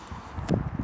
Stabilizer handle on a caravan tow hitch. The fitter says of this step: stabilizer handle pushes down locks in place to lift it on enough cut or to attach to the car